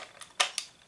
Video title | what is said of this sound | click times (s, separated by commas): Han Solo Landspeeder Solo A Star Wars Story HD Review. | until you hear that click | 0.4 s